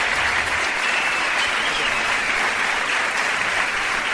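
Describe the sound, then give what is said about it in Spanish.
A packed audience at the Teatro Solís gives a loud, sustained ovation as the curtain opens on four guitarists standing on stage, dense overlapping clapping forming a steady roar that holds at an even level throughout, with no clear voices. “¡Qué ovación! Ovación en un Teatro Solís repleto.”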